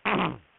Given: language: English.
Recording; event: throat vibration sensor signal played as sound; throat clearing